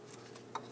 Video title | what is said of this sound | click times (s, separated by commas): How to Replace Intake Manifold Gasket Set 2003-2026 Chevrolet Express 2500 4.8L V8 | and install it. Push until you hear a click. If you don't hear a click, give it a pull. | 0.6 s